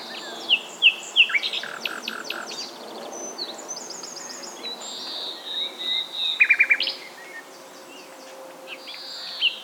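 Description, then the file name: Common nightingale song: rapid varied phrases of sharp chirps, high whistles and fast repeated note bursts. "Luscinia megarhynchos"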